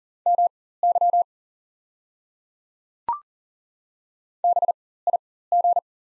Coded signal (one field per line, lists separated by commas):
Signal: Morse code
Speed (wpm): 40 wpm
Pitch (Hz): 700 Hz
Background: none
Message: MY BIG